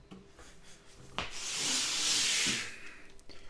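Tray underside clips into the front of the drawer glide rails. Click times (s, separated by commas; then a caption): 1.2 s. A drawer tray with clips installed on its underside is pushed in so the clips snap into the front of the drawer glide rails. After faint rubbing, one sharp, loud click sounds at 1.2 s, followed by a long hissing slide until about 2.5 s and a few small ticks near 3.2 to 3.3 s. The tray clips are seated on the rail front.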